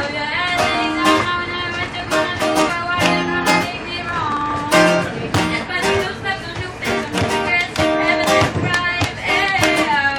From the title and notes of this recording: Musicians in the train by roelven.